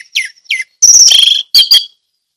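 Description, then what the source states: Orange-headed thrush song: a few short slurred notes, then a loud sustained buzzy trill and a final sharp double note. Ngeplong song style.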